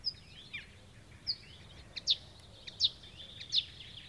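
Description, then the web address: Marsh warbler singing sharp, high clicks and thin whistled slurs, spaced irregularly, with soft chatter between. Recorded 6 June 2016. "fagelljud 20160606 karrsangare"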